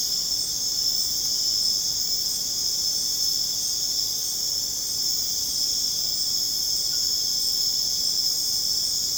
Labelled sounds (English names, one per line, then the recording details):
none
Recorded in dense forest near Puerto Asís, Putumayo, Colombia, on 23 June 2025 at 22:00
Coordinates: 0.486, -76.317
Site G065